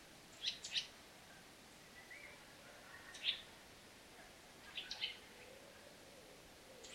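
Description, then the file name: Eurasian nuthatch calls: short, sharp high notes, single or paired, given a few seconds apart against quiet background noise. "Sitta europaea"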